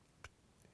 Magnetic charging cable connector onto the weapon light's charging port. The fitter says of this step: you can see how it clicked in and then it will go into any usb port